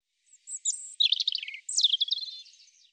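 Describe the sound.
European robin song in two short phrases, each opening with a high thin note and breaking into quick, jangling trills that fall lower; clean background.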